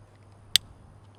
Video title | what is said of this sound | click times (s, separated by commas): 35 Round Echelon Magazine? | did you hear it lock in there and when we look at it | 0.6 s